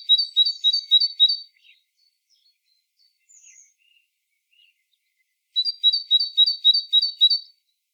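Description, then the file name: Great tit singing high, ringing two-note phrases repeated several times in quick succession, then a pause with faint soft notes before the same phrase returns. "Parus major"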